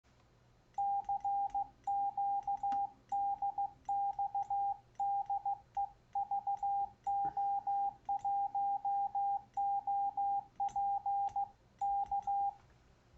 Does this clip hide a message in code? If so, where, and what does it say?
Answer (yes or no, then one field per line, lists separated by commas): yes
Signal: Morse code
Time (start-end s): 0.8-12.5 s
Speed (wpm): 15 wpm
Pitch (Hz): 800 Hz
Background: none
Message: CQ DX DE VO1OP K